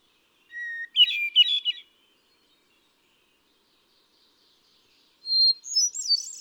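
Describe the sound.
Hermit thrush sings a low phrase, a held whistle then quick rolling notes, followed after a few seconds by a much higher whistle with twisting trills.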